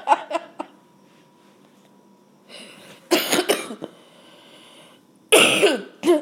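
Three clusters of harsh, chesty coughs: a productive cough from a severe case of bronchitis in an adult, confirmed by chest X-ray with no pneumonia, with phlegm breaking up and coming out of the chest.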